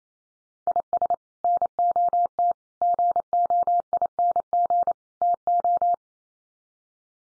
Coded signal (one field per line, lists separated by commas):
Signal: Morse code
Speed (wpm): 28 wpm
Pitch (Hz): 700 Hz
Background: none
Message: IS NOT GOING TO